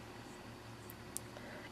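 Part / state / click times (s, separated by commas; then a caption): lipstick cap onto lipstick tube / not seated / none. The cap of a broken lipstick is twisted hard onto its lipstick tube against a steady low hum and hiss, with two brief faint ticks near 0.9 s and 1.2 s. The cap has not clicked shut: it will not close all the way and stays insecure.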